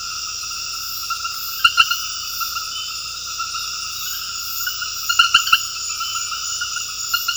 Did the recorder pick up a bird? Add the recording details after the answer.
no. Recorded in secondary vegetation near Puerto Asís, Putumayo, Colombia, on 18 February 2024 at 22:00. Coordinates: 0.481, -76.323. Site G6376